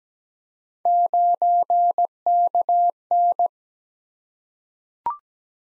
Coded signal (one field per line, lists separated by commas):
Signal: Morse code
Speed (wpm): 17 wpm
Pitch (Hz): 700 Hz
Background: none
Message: 9KN